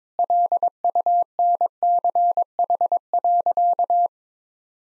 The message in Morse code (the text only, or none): LUNCH.